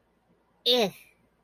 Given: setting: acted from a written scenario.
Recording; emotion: vocal sound without words; disgust